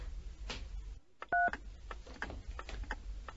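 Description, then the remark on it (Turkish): A telephone keypad gives one short, loud dual-tone beep as a number is dialed, set against a steady background of low rumbling noise and faint clatter. “Yengini arayayım.”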